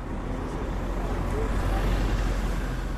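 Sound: city street traffic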